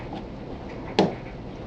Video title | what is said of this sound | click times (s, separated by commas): Prius 2011 flyaudio head unit install and rearview camera part 1-2 | So you heard that snap. | 1.0 s